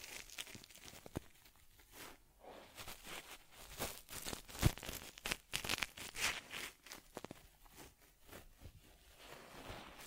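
A teddy bear is groomed with soft rubbing, brushing and crinkly scratching strokes, arriving in irregular bursts, brightest and busiest between four and seven seconds.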